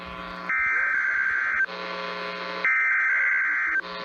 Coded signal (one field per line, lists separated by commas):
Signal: Emergency Alert System (SAME) tones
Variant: header bursts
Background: speech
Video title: Tennessee Mockery from Utah... EAS Alerts from 10/5/20-10/23/20 (EAS #392-404)